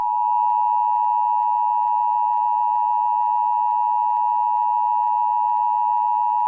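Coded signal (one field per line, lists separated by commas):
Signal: Emergency Alert System (SAME) tones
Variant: 853 and 960 Hz attention tone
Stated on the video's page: Fictional EAS scenario, a remake of an earlier scenario series.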